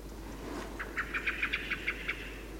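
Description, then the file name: Common blackbird giving a quick run of about nine sharp, clipped chink notes in little over a second, over a steady low background hum. "Turdus merula"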